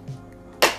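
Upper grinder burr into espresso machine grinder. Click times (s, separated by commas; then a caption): 0.6 s. An upper grinder burr assembly is set into the grinder of a Breville Barista Express espresso machine and turned to the lock position. After a faint low thump near 0.1 s, a loud, sharp click rings out at 0.6 s and decays quickly. The click shows the burr is locked in place.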